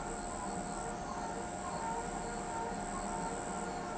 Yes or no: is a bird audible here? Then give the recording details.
no. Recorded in pastures near Pivijay, Magdalena, Colombia, on 17 April 2023 at 21:30. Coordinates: 10.456, -74.369. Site P6-G026